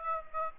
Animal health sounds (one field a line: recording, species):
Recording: mosquito wingbeat signal from an infrared sensor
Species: Aedes aegypti